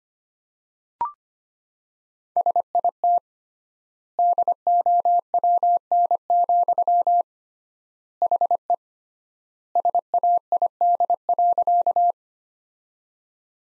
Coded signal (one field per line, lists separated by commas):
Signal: Morse code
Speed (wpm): 25 wpm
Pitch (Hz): 700 Hz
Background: none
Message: SIT DOWN, HE SAID.